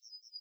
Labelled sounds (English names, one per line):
Yellowhammer song